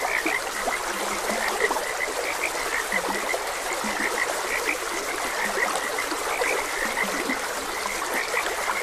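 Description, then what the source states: Many frogs calling together, rapid repeated croaks high and low, with a steady background of running stream water. Frogs croaking beside a gentle stream.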